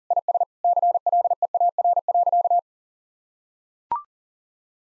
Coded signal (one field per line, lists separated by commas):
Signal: Morse code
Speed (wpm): 40 wpm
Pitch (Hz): 700 Hz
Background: none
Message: IS CLEAR.